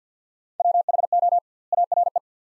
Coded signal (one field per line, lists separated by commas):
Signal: Morse code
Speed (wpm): 50 wpm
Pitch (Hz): 700 Hz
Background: none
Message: WHO ARE